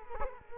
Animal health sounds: mosquito wingbeat signal from an infrared sensor; Culex quinquefasciatus

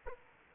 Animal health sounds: mosquito wingbeat signal from an infrared sensor; Aedes aegypti

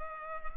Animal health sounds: mosquito wingbeat signal from an infrared sensor; Culex pipiens

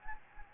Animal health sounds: mosquito wingbeat signal from an infrared sensor; Anopheles gambiae

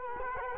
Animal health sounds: mosquito wingbeat signal from an infrared sensor; Culex quinquefasciatus

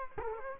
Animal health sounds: mosquito wingbeat signal from an infrared sensor; Culex quinquefasciatus

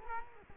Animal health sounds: mosquito wingbeat signal from an infrared sensor; Culex quinquefasciatus

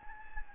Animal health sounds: mosquito wingbeat signal from an infrared sensor; Anopheles gambiae

